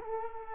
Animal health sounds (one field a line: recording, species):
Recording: mosquito wingbeat signal from an infrared sensor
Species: Culex quinquefasciatus